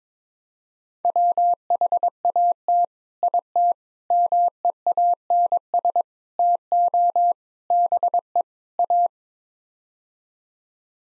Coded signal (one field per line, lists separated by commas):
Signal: Morse code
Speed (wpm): 22 wpm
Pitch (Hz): 700 Hz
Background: none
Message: WHAT IT MEANS TO BE A